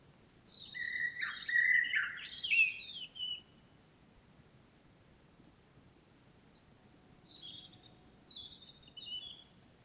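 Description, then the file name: Common blackbird singing a loud fluty warble with high twittered notes, followed after a pause by quieter high squeaky twitters. "Turdus merula"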